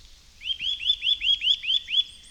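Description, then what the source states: Eurasian Nuthatch giving a run of several ringing, upslurred whistled notes at an even pace. Famous 'tuit, tuit, tuit' call repeated at different speeds, faster and faster when the bird is agitated.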